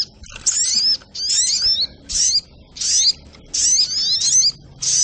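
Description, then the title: Sogok ontong song: shrill chattering phrases with several descending slurs inside each burst, repeated at a quick pace with short silences. Labaik song variant, used for training. "Masteran Burung Sogok Ontong Labaik"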